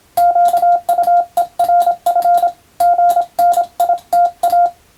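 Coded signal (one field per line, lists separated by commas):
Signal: Morse code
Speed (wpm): 27 wpm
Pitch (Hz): 700 Hz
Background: none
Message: QUERF GNITA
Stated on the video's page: Morse code practice by a first-class radiotelegraph operator sending with a telegraph key, using a European-language telegram practice book.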